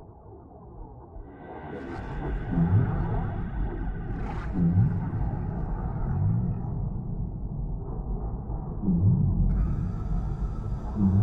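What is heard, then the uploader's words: Whales call underwater over a steady low wash of water noise, with short rising and falling moans that repeat every two seconds or so. Brief higher squeaks cut through around four seconds, and a thin bright hiss joins near the end. Whales Singing. Underwater sounds, peaceful water noise.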